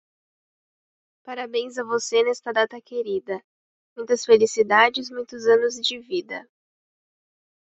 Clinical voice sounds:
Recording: short text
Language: Brazilian Portuguese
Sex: female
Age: 20 to 29 years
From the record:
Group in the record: control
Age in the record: 20 years

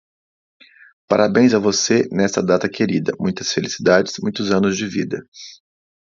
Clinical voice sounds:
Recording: short text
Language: Brazilian Portuguese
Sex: male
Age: 40 to 49 years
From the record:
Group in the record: control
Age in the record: 42 years

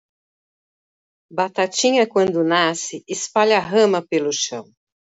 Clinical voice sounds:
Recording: short text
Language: Brazilian Portuguese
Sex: female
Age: 50 to 59 years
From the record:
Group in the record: control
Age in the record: 57 years

